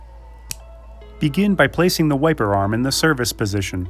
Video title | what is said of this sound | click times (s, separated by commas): Rain-X RearView Rear Wiper Blade - Rear I&L Installation | Press the adapter onto the wiper blade until it locks into place with a click. | 0.5 s